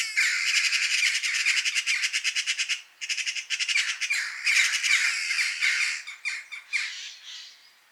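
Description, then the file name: Eurasian magpie delivering a fast machine-gun rattle of harsh chak notes, several rapid runs with a brief break near the third second, fading at the end. "Pica pica"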